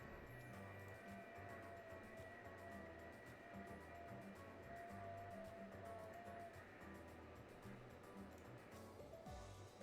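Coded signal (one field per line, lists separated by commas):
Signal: FT8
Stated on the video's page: FT8 signal using an Alpha Antenna FMJ attached to an iron fence as the antenna.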